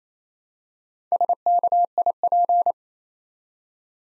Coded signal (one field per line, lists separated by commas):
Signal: Morse code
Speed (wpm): 27 wpm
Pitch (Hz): 700 Hz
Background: none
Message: SKIP